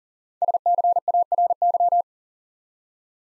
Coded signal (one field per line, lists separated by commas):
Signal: Morse code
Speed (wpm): 39 wpm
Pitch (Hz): 700 Hz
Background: none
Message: SCARY